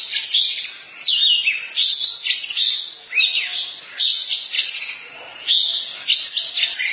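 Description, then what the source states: Oriental magpie-robin song, rich phrases of varied whistles and rapid chattering notes, delivered in short bursts with brief pauses between. Long-duration song.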